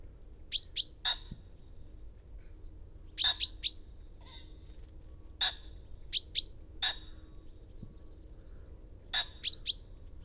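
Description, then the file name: Common chaffinch calls, high sharp chips grouped in threes and pairs, returning every few seconds, with occasional fainter notes in between. "Fringilla coelebs"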